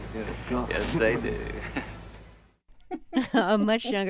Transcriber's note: laughter